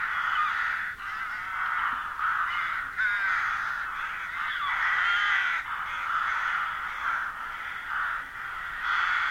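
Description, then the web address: Bird calls, a dense, continuous mass of harsh, cawing notes overlapping throughout, as if from a crowd of birds calling together. "madarak enek"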